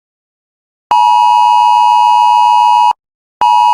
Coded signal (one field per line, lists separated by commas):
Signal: Emergency Alert System (SAME) tones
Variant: 853 and 960 Hz attention tone